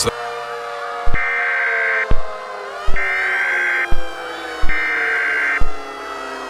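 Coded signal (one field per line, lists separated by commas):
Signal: Emergency Alert System (SAME) tones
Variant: header bursts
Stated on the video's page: Simulated mock EAS alert.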